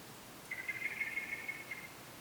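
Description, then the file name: Common blackbird with one continuous fast rattle of even pulses, lasting over a second, against quiet background hiss. "Turdus merula"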